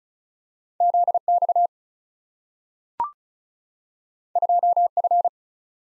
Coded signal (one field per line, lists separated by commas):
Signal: Morse code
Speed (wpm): 36 wpm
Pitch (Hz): 700 Hz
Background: none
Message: ZX 2F